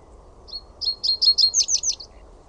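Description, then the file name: Reed bunting song: a short phrase of about eight high, sharp chirped notes, the last few slightly higher. "PAJUSIRKKU"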